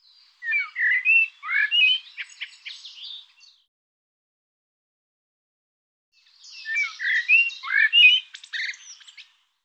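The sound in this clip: Bird calls in two bursts several seconds apart, each a jumble of chirps, squawks and quick slurred notes, separated by silence.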